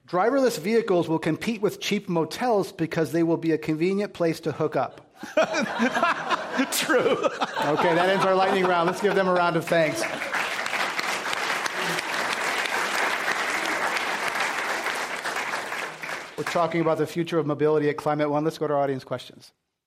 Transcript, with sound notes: Driverless vehicles will compete with cheap motels because they will be a convenient place to hook up?
[Laughter]
True.
Okay that ends our lightning round. Let’s give them a round of thanks.
[Applause]
We’re talking about the future of mobility at Climate One. Let’s go to our audience questions.